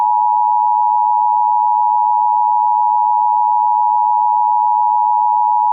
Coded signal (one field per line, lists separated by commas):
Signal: Emergency Alert System (SAME) tones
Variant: 853 and 960 Hz attention tone